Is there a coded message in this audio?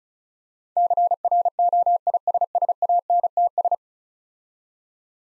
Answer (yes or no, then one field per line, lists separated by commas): yes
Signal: Morse code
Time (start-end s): 0.8-3.7 s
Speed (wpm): 36 wpm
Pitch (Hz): 700 Hz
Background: none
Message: CROISSANTS